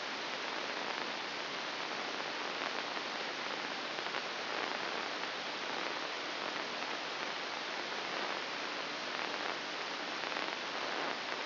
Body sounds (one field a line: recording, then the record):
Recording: brain microelectrode recording played as sound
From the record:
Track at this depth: inside the subthalamic nucleus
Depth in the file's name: 1.207 mm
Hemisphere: right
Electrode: 2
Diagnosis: Parkinson's disease